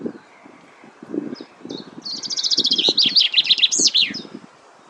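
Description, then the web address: Common chaffinch song: a fast, high descending trill that speeds into a final flourish, lasting about two and a half seconds, over low rustling and thumping noises. "Deverinetal 2025"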